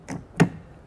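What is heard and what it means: A plastic adapter on a Michelin RainForce windshield wiper blade is pushed onto a metal wiper arm. A softer tick comes at 0.1 s, then a sharp, louder snap at 0.4 s as the blade seats firmly on the arm.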